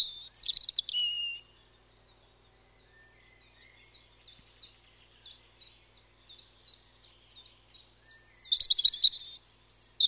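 European robin singing: a loud warbled opening, then a soft series of thin descending notes repeated steadily, closing with a loud burst of high rapid notes.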